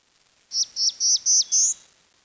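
Bird calls: five high, thin whistled notes in a quick even series, each ending in a short downward flick, the last one longer and slightly rising, in an otherwise quiet setting.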